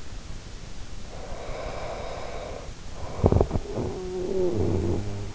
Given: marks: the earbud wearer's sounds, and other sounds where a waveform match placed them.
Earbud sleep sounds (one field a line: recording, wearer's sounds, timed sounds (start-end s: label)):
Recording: sounds in sleep by an in-ear microphone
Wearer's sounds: snoring breath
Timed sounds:
1.00-5.35 s: snoring breath